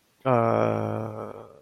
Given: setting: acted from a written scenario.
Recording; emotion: vocal sound without words; embarrassment